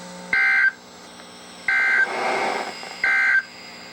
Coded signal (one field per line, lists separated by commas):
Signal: Emergency Alert System (SAME) tones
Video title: EAS #1104-#1120: IT BEGINS | KHB36, WXM42, WNG736, & KEC83